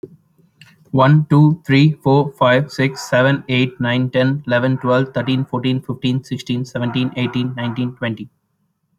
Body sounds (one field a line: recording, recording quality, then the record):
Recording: counting at a fast pace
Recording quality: excellent, no background noise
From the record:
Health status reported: healthy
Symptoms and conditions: none ticked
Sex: male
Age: 23 years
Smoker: not ticked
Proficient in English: yes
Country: India